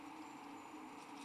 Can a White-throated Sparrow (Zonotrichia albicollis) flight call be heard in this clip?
no